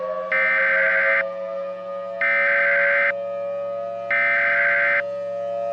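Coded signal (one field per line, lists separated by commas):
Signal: Emergency Alert System (SAME) tones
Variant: header bursts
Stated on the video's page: Recreated alerts with valid EAS tones, remaking real alerts from a tornado outbreak.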